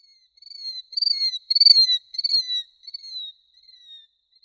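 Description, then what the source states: Killdeer calling in flight: a string of shrill, slightly downslurred notes, quickening then trailing off and fading over a few seconds, with otherwise silent background. Bird flying across a wetland; call isolated from other sounds.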